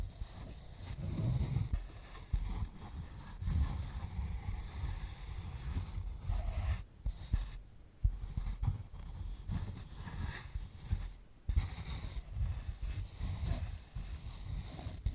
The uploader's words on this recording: ASMR of a Sunflower Head (No Talking).